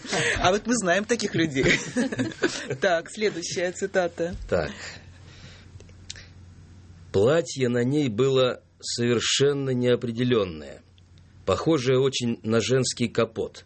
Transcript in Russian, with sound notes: А, вот, мы знаем таких людей. (смеется) Так. Следующая цитата?
Так. Платье на ней было совершенно неопределенное, похожее очень на женский капот.